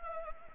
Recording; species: mosquito wingbeat signal from an infrared sensor; Anopheles arabiensis